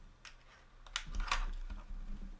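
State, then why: Not seated. A 3.3 g plastic gimbal bumper is being refitted onto the camera gimbal of a small drone, producing a few light plastic ticks and brief scrapes, with the sharpest at about 1.0 s and 1.3 s. The bumper does not seat, and nothing has snapped or clicked into place yet.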